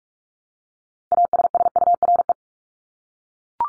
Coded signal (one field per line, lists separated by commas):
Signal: Morse code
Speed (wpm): 44 wpm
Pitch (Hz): 700 Hz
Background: none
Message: ASSURE